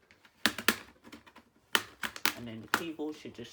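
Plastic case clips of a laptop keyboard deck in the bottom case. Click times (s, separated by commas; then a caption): 0.5 s, 0.7 s, 1.7 s, 2.3 s. A pry tool is run along the sides of a plastic HP Stream 11-d016na laptop case to unclip the keyboard deck from the bottom case, opened because the power jack was damaged. Sharp plastic clicks sound at 0.5, 0.7, 1.8 and 2.3 seconds as the clips release, and someone talks over the end. The keyboard deck's clips come free.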